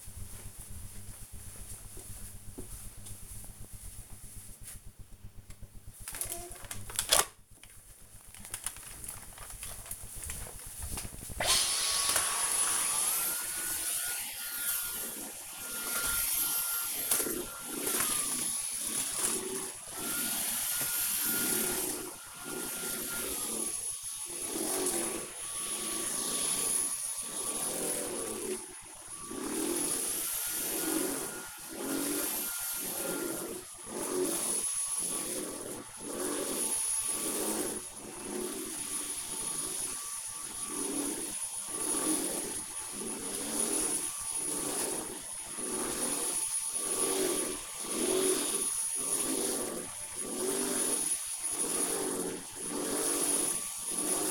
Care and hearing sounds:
household activities, microphone on the right wrist
4.61-54.31 s: vacuum cleaning

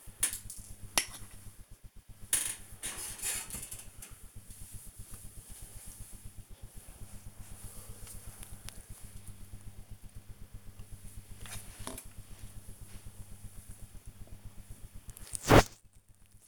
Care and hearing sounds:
household activities, microphone on the right wrist
0.00-16.48 s: dusting model cars

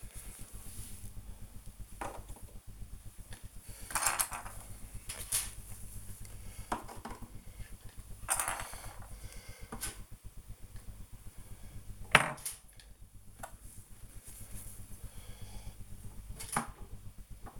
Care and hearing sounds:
household activities, microphone on the right wrist
0.00-7.37 s: cleaning the cupboard
10.38-17.60 s: cleaning the cupboard

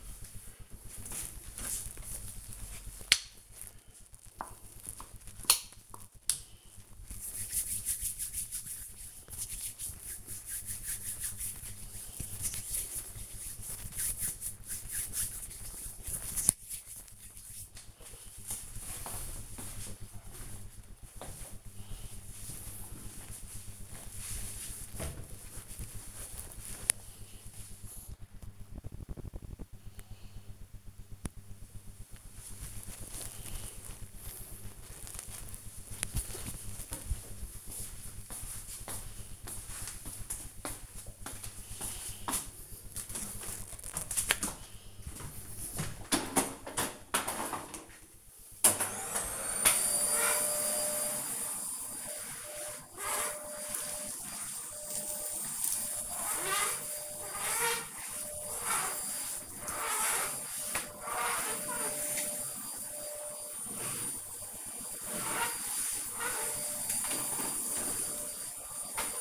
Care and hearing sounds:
household activities, microphone on the right wrist
1.52-17.63 s: cream hands
42.80-69.21 s: vacuum cleaning

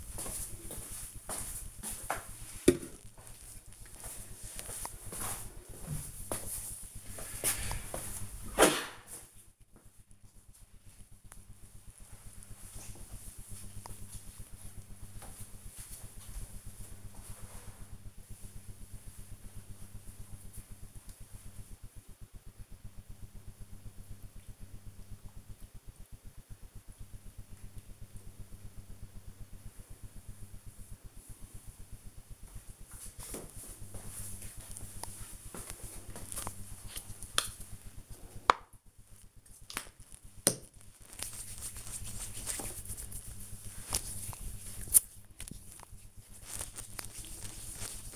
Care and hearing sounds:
household activities, microphone on the right wrist
35.66-48.16 s: cream hands

